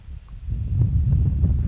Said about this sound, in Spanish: De vez en cuando, un soplo de viento.